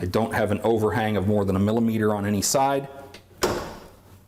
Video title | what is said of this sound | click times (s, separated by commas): Lab5B Demo Video | lock the head in place | 3.4 s